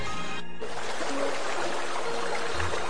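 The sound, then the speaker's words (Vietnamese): Water drips and trickles in a steady, hissing wash that runs without a break for the full three seconds, cold drops falling in a woodshed, with no voices present. “Tai Địch Dân nghe thấy tiếng nước tí tách, trên mặt có cái gì lạnh ngắt đang nhỏ xuống đau đau, rồi cảm thấy lạnh, không có một chút sức lực nào.”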